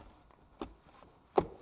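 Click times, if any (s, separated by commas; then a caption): 1.4 s. A plastic speaker trim cover on a BMW 535i F10 interior panel is fitted by sliding its three back hooks in first, then given a gentle push. There is a smaller tap at 0.6 s, then a sharp click at 1.4 s as the cover pops into place and seats.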